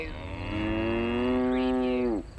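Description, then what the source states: Cow giving a long, steady, rich moo lasting about two seconds, holding its pitch and then sliding down as it ends abruptly. A duet of cows mooing.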